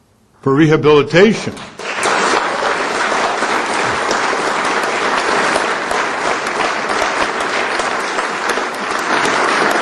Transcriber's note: applause